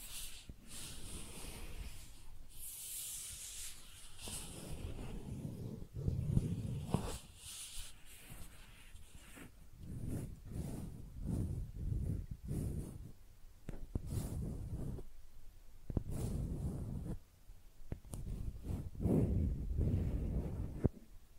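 Makeup being tapped and scratched, with dense, irregular bursts of rubbing and scraping filling most of the 21 seconds. Low thuds mix with crisp, bright scratches, and the sound swells and drops in uneven clusters, with brief quieter gaps around 4, 15 and 17 seconds.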